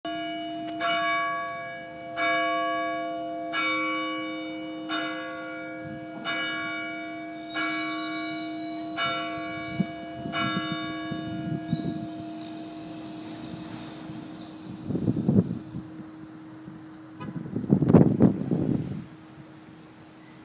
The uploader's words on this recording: Bells at Baltimore by thenycnomad.